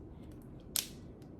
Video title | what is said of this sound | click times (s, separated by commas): How To Install Use and Charge Phillips MCOT Device Heart Monitor | Hear that snap? But then you're going to make sure you're going to place it on a flat surface and push it in more. | 0.8 s